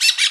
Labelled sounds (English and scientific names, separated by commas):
Brown-throated Parakeet (Eupsittula pertinax) contact call